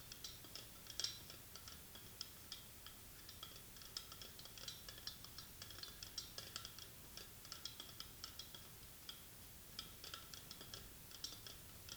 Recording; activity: daily activity, guitar pickup as the sensor; fry